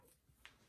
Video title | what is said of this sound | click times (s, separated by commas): Dell U2520D Monitor Unboxing & First Look | just like that and then push down and that's locked into place | 0.5 s